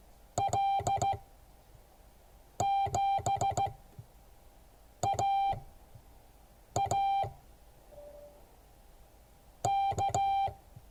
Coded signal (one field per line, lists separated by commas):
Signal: Morse code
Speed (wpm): 15 wpm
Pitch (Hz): 790 Hz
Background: music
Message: L7AA K